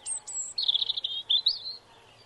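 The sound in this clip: Robin song: a few thin, very high whistles, then a quick run of sweet warbled notes that dip and rise, with a clear pause before the last bright phrase.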